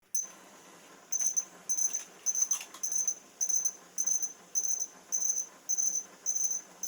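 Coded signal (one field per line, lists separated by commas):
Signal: beep code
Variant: e-puck robot swarm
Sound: about eleven short high-pitched beep bursts, roughly every half second, over whirring noise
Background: robot motor whirring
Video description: This is achieved by exploiting beep sounds emitted and listened to by the robots. The e-pucks estimate the robots' density through the number of beeps perceived.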